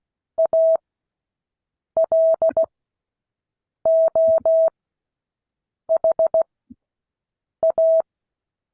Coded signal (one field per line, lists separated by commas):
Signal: Morse code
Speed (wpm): 16 wpm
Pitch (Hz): 650 Hz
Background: none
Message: ALOHA